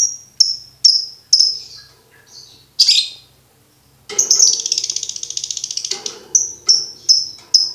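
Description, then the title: Lovebird chirping song, rapid high chirps, then a long buzzy rattling trill lasting about two seconds, followed by more shrill chirps. Masteran training recording made for birds to learn ngekek. "MASTERAN BURUNG 2. Belajar Ngekek"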